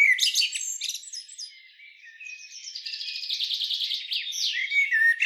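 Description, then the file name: Common blackbird: an opening burst of high squeaky notes, a brief lull, then rapid, thin twittering with occasional lower slurred notes. "Turdus merula"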